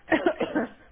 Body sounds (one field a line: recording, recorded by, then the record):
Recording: voluntary cough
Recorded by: telephone call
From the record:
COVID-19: negative